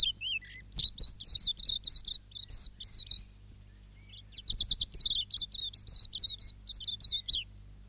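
Silvereye song: two bursts of quick, high chirping warbles with a short pause between, the notes bright and rapidly repeated; faint low hum present.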